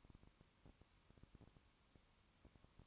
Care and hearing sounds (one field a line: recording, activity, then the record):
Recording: daily activity, microphone in the room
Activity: no activity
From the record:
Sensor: 1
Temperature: 19.2 degrees Celsius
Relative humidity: 37.8%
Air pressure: 1001.0 hPa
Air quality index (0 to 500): 197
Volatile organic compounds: 7 ppm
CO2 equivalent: 1992 ppm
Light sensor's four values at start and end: 1/2/1/1 and 1/2/1/1